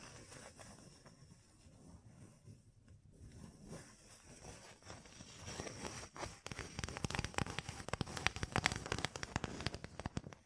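Gem-covered fingertips scratch softly at first, a low, scattered rustling for about five seconds. Around the sixth second the tapping starts, dense sharp clicks that come fast and irregular and grow louder and brighter through to the end.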